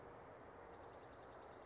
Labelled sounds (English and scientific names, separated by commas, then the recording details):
Chestnut-backed Chickadee (Poecile rufescens)
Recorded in Sonoma County, California